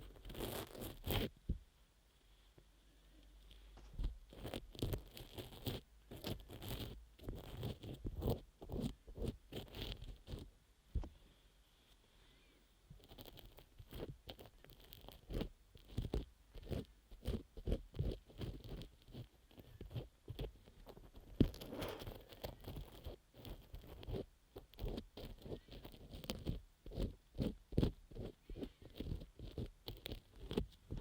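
Ear massage and cleansing sounds: quick, dense bursts of rubbing, scrubbing and tapping that crowd together with brief pauses. A quieter stretch of sparse strokes runs from about two to thirteen seconds, then the scratchy friction picks up again, busiest after twenty seconds.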